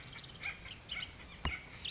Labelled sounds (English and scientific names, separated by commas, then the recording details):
Bullock's Oriole (Icterus bullockii)
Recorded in Sonoma County, California